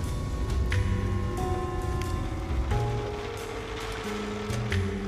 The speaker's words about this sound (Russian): Горящий камин.